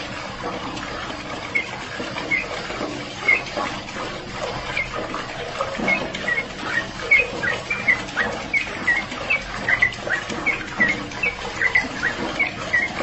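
Bird chirps: sparse at first, then a busier series of short high squeaks, above a persistent hissing background.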